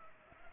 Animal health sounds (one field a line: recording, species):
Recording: mosquito wingbeat signal from an infrared sensor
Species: Culex pipiens